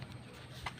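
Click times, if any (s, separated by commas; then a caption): 0.7 s. A metal gate handle lock on a sliding gate is operated again and latches into its keeper. A short click is heard at 0.7 s, and the gate is locked.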